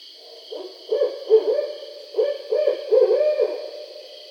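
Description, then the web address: Barred owl delivers two phrases of deep, slurred hoots, the notes drawn out and run together, above a continuous high whine. Recorded 20 July 2012. "Barred Owl 2012 07 20"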